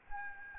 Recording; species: mosquito wingbeat signal from an infrared sensor; Aedes albopictus